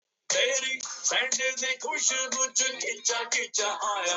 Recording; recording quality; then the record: sustained vowel as in beet; poor, much background noise or distortion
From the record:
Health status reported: COVID-19 positive, mild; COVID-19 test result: positive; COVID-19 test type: RT-PCR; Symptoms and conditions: asthma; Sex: male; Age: 23 years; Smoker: no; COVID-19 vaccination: one dose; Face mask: not worn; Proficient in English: yes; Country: India